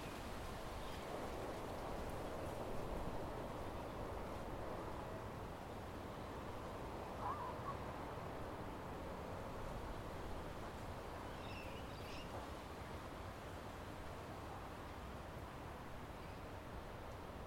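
Steady wash of sound overlooking Tamarama Beach, a dense, even roar with a low rumble and no clear breaks, likely surf. A few faint chirps stand out briefly, one near the middle and a small cluster around twelve seconds.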